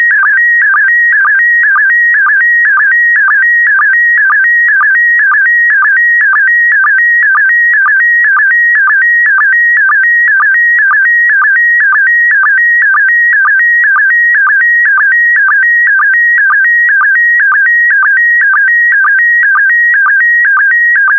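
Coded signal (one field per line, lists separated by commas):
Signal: SSTV (slow-scan television)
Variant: PD120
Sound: continuous warbling whistle stepping in pitch, with a short low chirp about twice a second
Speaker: 5, 4, 3, 2, 1. Thank you. Transmission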